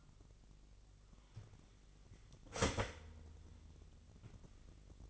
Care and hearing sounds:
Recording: daily activity, microphone in the room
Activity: start toaster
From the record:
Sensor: 4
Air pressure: 1002.8 hPa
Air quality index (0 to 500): 235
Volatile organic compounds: 16 ppm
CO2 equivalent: 2549 ppm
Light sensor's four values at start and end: 21/74/27/27 and 20/69/26/25

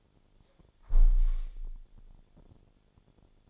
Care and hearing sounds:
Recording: daily activity, microphone in the room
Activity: close window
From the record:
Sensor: 5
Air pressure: 1000.5 hPa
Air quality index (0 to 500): 155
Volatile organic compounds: 2 ppm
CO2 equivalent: 1188 ppm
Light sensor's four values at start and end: 39/92/38/41 and 39/92/38/41

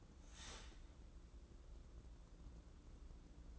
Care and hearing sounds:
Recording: daily activity, microphone in the room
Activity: start toaster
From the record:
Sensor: 3

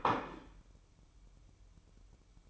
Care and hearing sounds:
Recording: daily activity, microphone in the room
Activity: place plate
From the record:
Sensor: 1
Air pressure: 1007.6 hPa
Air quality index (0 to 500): 79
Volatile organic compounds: 1 ppm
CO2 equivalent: 681 ppm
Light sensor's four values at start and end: 10/23/9/10 and 10/23/9/10

